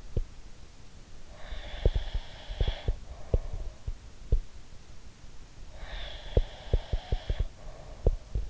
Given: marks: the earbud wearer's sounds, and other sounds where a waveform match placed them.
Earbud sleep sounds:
sounds in sleep by an in-ear microphone; breath
0.00-0.22 s: sound from someone else or the room
1.26-3.89 s: breath
1.81-4.43 s: sound from someone else or the room
5.70-8.50 s: breath
6.35-8.50 s: sound from someone else or the room

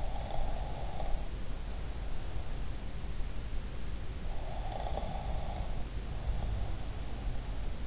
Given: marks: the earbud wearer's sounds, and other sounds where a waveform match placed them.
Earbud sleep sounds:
sounds in sleep by an in-ear microphone; snoring breath
0.00-1.24 s: snoring breath
4.35-7.60 s: snoring breath

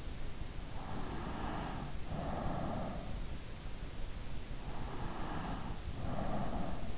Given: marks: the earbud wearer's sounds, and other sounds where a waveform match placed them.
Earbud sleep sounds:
sounds in sleep by an in-ear microphone; breath
0.67-3.18 s: breath
4.51-6.91 s: breath

